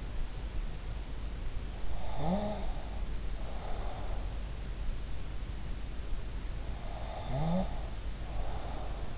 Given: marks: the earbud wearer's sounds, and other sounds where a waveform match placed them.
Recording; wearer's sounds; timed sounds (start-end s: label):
sounds in sleep by an in-ear microphone; snoring breath
1.90-4.39 s: snoring breath
6.91-9.18 s: snoring breath